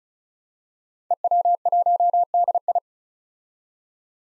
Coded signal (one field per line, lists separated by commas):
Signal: Morse code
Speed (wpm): 36 wpm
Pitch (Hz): 700 Hz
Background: none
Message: EW1DI